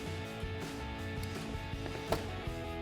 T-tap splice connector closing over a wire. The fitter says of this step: Now, once it's locked into place,